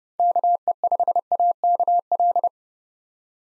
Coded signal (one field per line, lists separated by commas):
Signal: Morse code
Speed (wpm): 31 wpm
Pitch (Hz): 700 Hz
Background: none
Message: KE5AKL